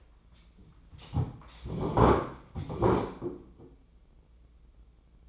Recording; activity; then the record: daily activity, microphone in the room; sit down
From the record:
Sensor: 1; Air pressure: 996.0 hPa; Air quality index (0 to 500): 236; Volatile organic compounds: 1000 ppm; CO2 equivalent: 6877 ppm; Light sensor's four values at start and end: 33/81/35/42 and 35/86/37/44